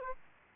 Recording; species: mosquito wingbeat signal from an infrared sensor; Aedes aegypti